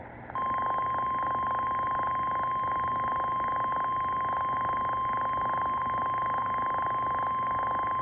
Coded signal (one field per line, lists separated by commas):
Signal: Emergency Alert System (SAME) tones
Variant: 1050 Hz attention tone